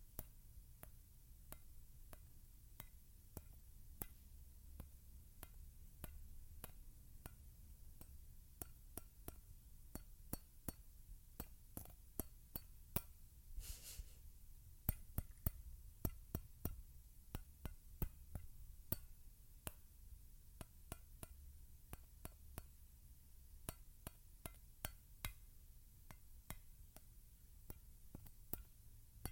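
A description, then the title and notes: Crisp tapping runs through the whole stretch, sharp dry clicks landing irregularly, several per second, sometimes in quick clusters. A low steady hum sits underneath, and a brief brighter rustle cuts in around the fourteen-second mark. ASMR TAPPING, ASMR NO TALKING, CLASSIC ASMR, CLASSIC ASMR TRIGGERS.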